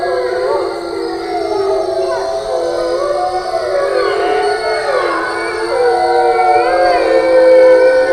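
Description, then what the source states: Wolf: wolves howling together, several long overlapping wavering tones that rise and fall, building louder toward the end. Recorded on 27 September 2009.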